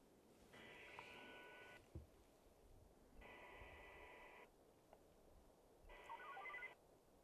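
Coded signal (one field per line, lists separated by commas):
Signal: HF data modem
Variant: VARA HF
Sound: three bursts of hissy warbling data, about a second each, separated by pauses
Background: faint background hiss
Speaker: I'm already set up on Vara HF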